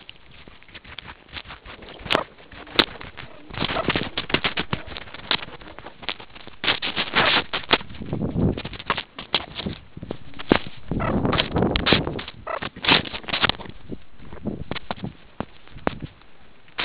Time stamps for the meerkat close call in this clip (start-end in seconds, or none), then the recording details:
2.12-2.24, 3.72-3.85, 7.16-7.31, 10.99-11.12, 12.46-12.61. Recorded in the Kuruman River Reserve, South Africa. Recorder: an audio tag on a meerkat's collar